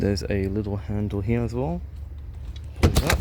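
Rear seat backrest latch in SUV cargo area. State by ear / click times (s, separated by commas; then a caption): seated / 3.1 s. A small handle is pulled on a rear seat in the cargo area of a 2019 Skoda Kodiaq SUV while someone talks. The backrest drops quickly with a sharp thud and latches into its folded position with a click at 3.1 s, locking in place.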